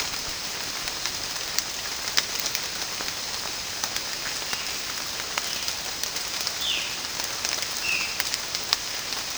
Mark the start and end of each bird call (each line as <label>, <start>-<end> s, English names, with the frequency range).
Violaceous Jay (2.1-3.9 kHz), 6.56-6.95 s
Violaceous Jay (1.7-3.4 kHz), 7.76-8.27 s